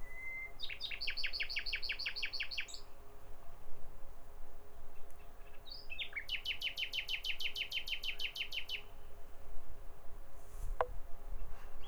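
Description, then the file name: Common nightingale singing: a pure whistle leads into a fast rattling trill, then after a gap a longer, brisk series of repeated clicking notes. "Nachtigall"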